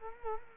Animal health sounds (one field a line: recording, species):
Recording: mosquito wingbeat signal from an infrared sensor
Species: Culex quinquefasciatus